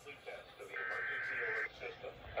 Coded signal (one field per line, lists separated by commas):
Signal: Emergency Alert System (SAME) tones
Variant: header bursts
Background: speech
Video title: EAS 2627-2631: Pennsylvania Required Monthly Test for September